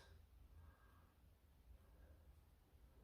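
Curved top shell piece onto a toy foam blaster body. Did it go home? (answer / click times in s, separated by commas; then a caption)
no / none. The curved outer top shell piece of an Adventure Force Destroyer plastic toy foam blaster is being pressed back onto the blaster body. Only faint handling rustles and soft ticks over a low background rumble are heard. Nothing has snapped into place or seated yet.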